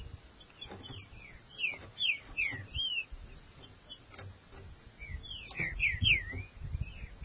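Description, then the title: Green-winged saltator song of quick slurred whistles in two bursts, heard over a constant background hiss and low rumble. "Trinca Ferro"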